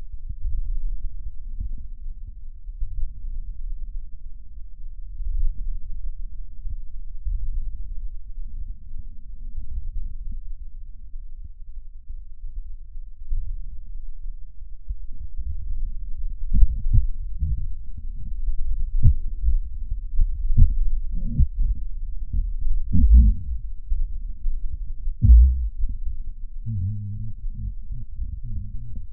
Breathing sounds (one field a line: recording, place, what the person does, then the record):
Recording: lung sounds by stethoscope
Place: left posterior basal chest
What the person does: quiet breathing, then cough and speech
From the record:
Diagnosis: pulmonary infection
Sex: male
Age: 69 years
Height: 184 cm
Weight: 115 kg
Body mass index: 34.0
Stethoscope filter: bell mode